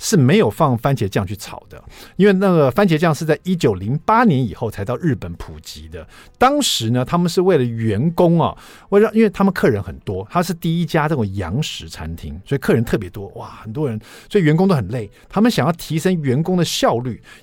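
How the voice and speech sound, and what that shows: Adult male radio host speaking Mandarin Chinese with typical speech.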